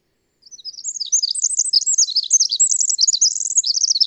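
Bird singing a quick, high twittering phrase of slurred chirps and brief trills that starts after a short silence and runs on to the end.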